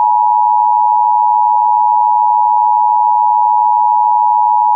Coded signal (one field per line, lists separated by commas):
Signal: Emergency Alert System (SAME) tones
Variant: 853 and 960 Hz attention tone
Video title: microsoft sam reads funny errors gets interupted by EAS